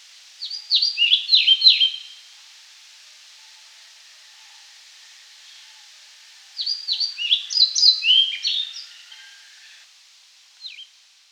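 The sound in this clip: European pied flycatcher song: two bright, high phrases of rapid slurred notes about six seconds apart, with a lone short note near the end.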